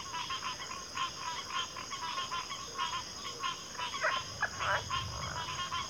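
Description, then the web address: Cricket chorus with a continuous high-pitched trill, overlaid by irregular clusters of rapid pulsed chirps. Cricket chorus in a backwater setting. "Sleep Sounds of Nature CRICKETS Backwater Chorus"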